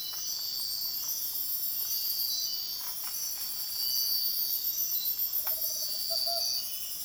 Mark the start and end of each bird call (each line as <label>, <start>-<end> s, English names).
Tropical Screech-Owl, 5.36-6.43 s